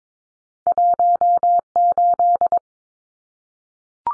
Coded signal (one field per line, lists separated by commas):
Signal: Morse code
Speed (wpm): 22 wpm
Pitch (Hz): 700 Hz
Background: none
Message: 18